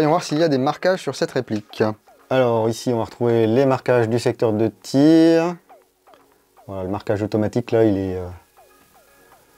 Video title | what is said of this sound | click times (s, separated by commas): Airsoft - Double Bell BY-026 (AK12) [French] | sent pas du tout les positions là il y a pas de il y a pas de clic clic ou pour le semis c'est pas compliqué vous balancez tout vers le bas pour l'auto on sent pas vraiment le CRAN | none